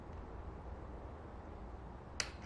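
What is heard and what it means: A spring retaining clip is pressed onto the master link of a BattleBot's steel steering drive roller chain over a steady low background hiss. A single sharp, bright snap at 2.2 s marks the clip seating home on the link.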